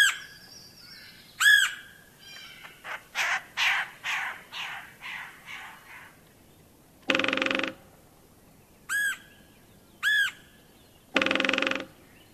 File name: Red-headed Woodpecker (Wild America)